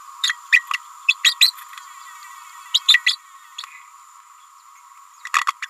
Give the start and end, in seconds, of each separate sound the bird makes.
0.23-0.36, 0.52-0.67, 0.73-0.79, 1.07-1.15, 1.23-1.37, 1.40-1.54, 2.74-2.82, 2.87-3.02, 3.06-3.17, 3.58-3.64, 5.62-5.67